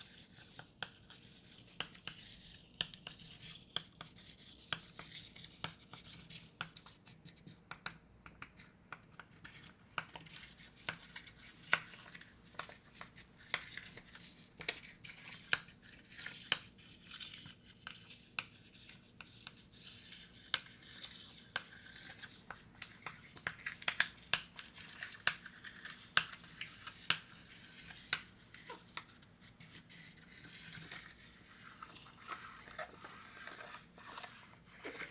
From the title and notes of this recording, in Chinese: 錄製從前眷村裡頭物件的聲音。第一集的主角是一片磁磚。以一片掉落的磁磚，製造出的一連串聲音。